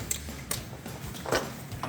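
Plastic electrical connectors are pushed one after another, right to left, into a new black-housing, smoked-lens light bar DRL projector headlight assembly for a 2016-2023 Toyota Tacoma. Sharp snaps are heard at 0.1, 0.5 and 1.8 seconds. Each connector seats with its snap.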